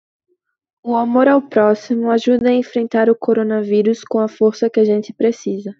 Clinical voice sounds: spoken sentence; Brazilian Portuguese; female; 18 to 19 years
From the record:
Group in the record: control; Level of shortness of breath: 0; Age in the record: 19 years

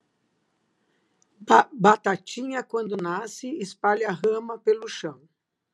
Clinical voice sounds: short text; Brazilian Portuguese; female; 60 to 69 years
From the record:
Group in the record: control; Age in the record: 62 years

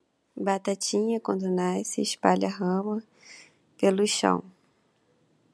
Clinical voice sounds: short text; Brazilian Portuguese; female; 30 to 39 years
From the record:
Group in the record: control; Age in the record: 34 years

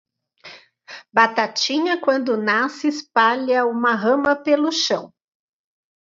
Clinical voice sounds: short text; Brazilian Portuguese; female; 40 to 49 years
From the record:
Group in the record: control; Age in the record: 46 years

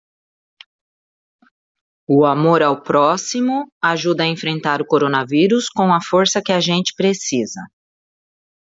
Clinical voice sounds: spoken sentence; Brazilian Portuguese; female; 50 to 59 years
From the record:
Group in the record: control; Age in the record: 52 years

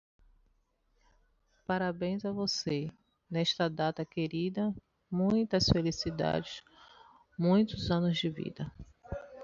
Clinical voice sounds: short text; Brazilian Portuguese; female; 50 to 59 years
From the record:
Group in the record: control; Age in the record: 51 years

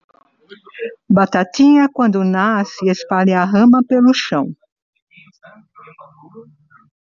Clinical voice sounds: short text; Brazilian Portuguese; female; 60 to 69 years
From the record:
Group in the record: control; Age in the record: 64 years

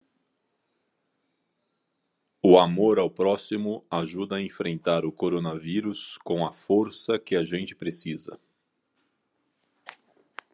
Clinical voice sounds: spoken sentence; Brazilian Portuguese; male; 50 to 59 years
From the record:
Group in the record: control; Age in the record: 50 years

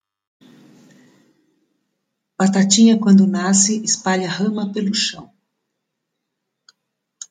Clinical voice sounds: short text; Brazilian Portuguese; female; 60 to 69 years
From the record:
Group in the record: control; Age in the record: 69 years

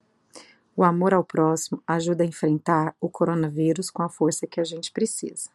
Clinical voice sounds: spoken sentence; Brazilian Portuguese; female; 30 to 39 years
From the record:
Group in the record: control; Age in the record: 37 years

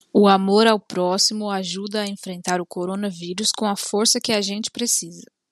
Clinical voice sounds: spoken sentence; Brazilian Portuguese; female; 20 to 29 years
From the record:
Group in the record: control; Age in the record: 24 years

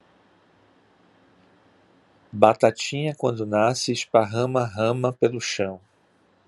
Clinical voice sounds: short text; Brazilian Portuguese; male; 60 to 69 years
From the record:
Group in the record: control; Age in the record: 62 years

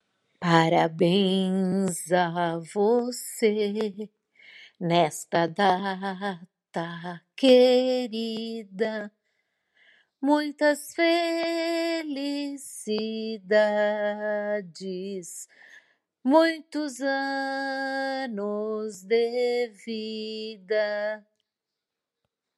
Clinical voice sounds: short text; Brazilian Portuguese; female; 60 to 69 years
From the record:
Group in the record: control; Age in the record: 66 years

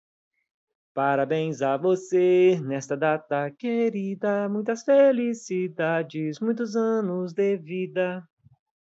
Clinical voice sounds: short text; Brazilian Portuguese; male; 20 to 29 years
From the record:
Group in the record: control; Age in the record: 29 years

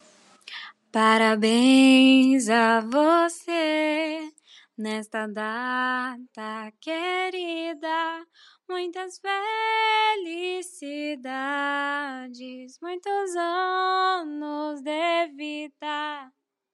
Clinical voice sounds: short text; Brazilian Portuguese; female; 18 to 19 years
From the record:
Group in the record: control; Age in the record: 19 years

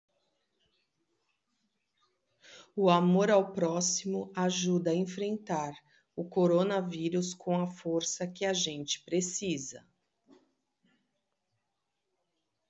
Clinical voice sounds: spoken sentence; Brazilian Portuguese; female; 50 to 59 years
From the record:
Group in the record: control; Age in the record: 53 years

